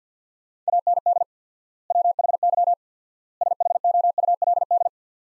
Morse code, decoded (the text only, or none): AND WHY SHOULD